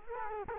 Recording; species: mosquito wingbeat signal from an infrared sensor; Culex quinquefasciatus